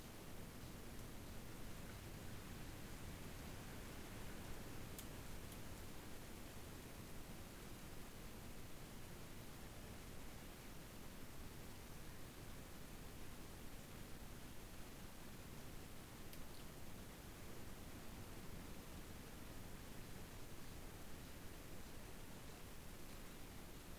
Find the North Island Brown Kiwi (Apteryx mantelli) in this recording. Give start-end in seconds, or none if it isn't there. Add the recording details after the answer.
none. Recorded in New Zealand on 7 January 2015. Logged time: 23:58. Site BX23